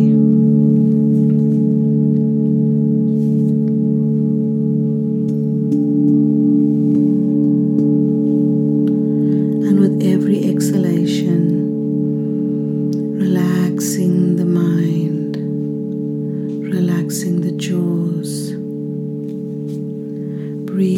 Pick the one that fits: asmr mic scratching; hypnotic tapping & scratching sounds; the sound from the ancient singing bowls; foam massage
the sound from the ancient singing bowls